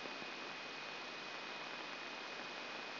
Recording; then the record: brain microelectrode recording played as sound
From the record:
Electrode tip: inside the subthalamic nucleus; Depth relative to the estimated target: 1 mm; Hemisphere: right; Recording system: AlphaMap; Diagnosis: Parkinson's disease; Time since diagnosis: 9 years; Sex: male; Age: 68 years